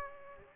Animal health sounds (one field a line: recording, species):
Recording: mosquito wingbeat signal from an infrared sensor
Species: Aedes aegypti